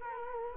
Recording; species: mosquito wingbeat signal from an infrared sensor; Culex quinquefasciatus